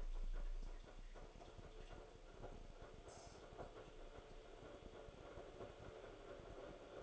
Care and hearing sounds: daily activity, microphone in the room; make coffee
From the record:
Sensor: 5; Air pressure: 1002.1 hPa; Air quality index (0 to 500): 220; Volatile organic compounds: 26 ppm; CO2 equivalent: 2854 ppm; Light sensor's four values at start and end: 10/24/10/11 and 10/24/10/11

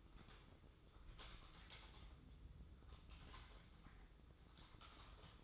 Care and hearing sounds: daily activity, microphone in the room; typing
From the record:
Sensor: 3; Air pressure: 995.3 hPa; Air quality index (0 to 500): 78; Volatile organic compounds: 6 ppm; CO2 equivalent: 1845 ppm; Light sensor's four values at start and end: 19/59/24/22 and 20/59/24/22

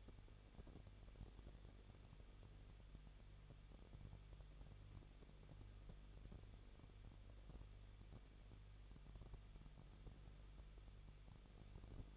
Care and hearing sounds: daily activity, microphone in the room; no activity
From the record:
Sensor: 4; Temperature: 23.1 degrees Celsius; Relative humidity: 34.0%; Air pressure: 1007.2 hPa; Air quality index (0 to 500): 215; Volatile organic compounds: 15 ppm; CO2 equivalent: 2490 ppm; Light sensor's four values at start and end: 2/3/1/1 and 2/3/1/1

